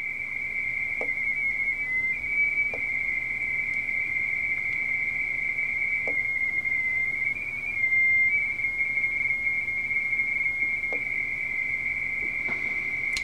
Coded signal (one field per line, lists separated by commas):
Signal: RTTY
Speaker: This is very common in RTTY pileups. They'll call somebody and the whole pileup keeps sending.